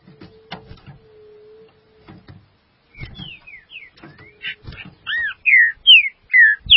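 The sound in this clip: Green-winged saltator song: after quiet clicks and a steady low hum, loud slurred whistles build over the final two seconds, alternating rising and falling notes.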